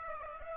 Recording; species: mosquito wingbeat signal from an infrared sensor; Aedes aegypti